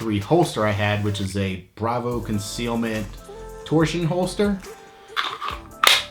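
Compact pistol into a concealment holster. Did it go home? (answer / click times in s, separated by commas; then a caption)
yes / 5.9 s. Someone talks as a compact 9mm Glock 43X pistol is pushed into a kydex-style Bravo Concealment Torsion concealment holster made for the smaller Glock 43. After a lighter tap near 5.2 s, the holster's retention snaps sharply at 5.9 s, and the pistol seats and locks in, fitting just as well as the Glock 43 it was made for.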